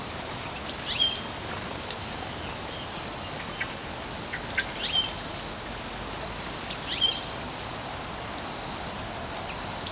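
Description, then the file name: European goldfinch calls, short high tinkling chirps in brief clusters every few seconds over a steady hiss of background noise. "Carduelis carduelis"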